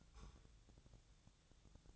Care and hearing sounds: daily activity, microphone in the room; take from stove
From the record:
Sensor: 3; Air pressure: 999.3 hPa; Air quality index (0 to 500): 196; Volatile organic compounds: 43 ppm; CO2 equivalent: 3199 ppm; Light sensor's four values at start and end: 7/18/7/7 and 7/18/7/7

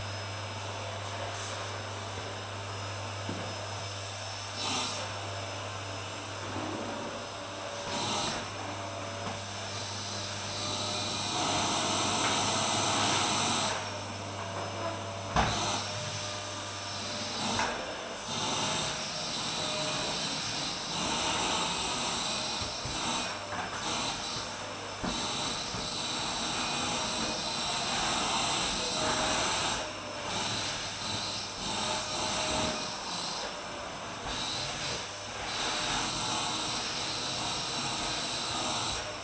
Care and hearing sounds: daily activity, microphone in the room; vacuum cleaning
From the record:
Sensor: 2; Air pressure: 995.1 hPa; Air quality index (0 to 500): 50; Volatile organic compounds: 1 ppm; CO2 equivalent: 782 ppm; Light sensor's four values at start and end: 16/52/20/20 and 16/53/21/20

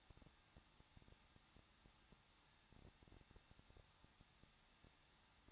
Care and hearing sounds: daily activity, microphone in the room; no activity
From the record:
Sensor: 3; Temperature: 21.2 degrees Celsius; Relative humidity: 36.3%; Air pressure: 1006.4 hPa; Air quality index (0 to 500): 221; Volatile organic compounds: 40 ppm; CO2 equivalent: 3145 ppm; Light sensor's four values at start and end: 2/3/2/2 and 2/3/2/2

